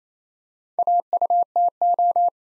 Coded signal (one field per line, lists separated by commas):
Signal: Morse code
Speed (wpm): 29 wpm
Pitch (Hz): 700 Hz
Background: none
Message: AUTO